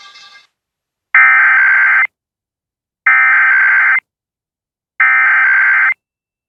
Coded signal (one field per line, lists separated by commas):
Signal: Emergency Alert System (SAME) tones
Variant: header bursts